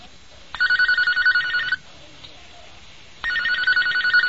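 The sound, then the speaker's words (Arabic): A telephone rings twice for a call in the Al-Huda wan-Nur series of questions answered by telephone, each ring a loud, rapidly trembling electronic warble lasting about a second, separated by a quiet pause with faint background hiss. “من سلسلة الهدى والنور أجوبة على أسئلة عبر الهاتف.”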